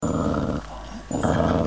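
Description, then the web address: Dog growling, a low rough rumbling sound in two long stretches separated by a brief pause. "Hund"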